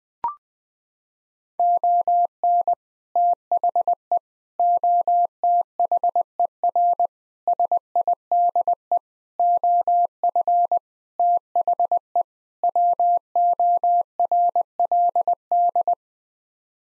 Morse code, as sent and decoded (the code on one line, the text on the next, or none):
--- -. / - .... . / --- - .... . .-. / ... .. -.. . / --- ..-. / - .... . / .-- --- .-. .-.. -..
ON THE OTHER SIDE OF THE WORLD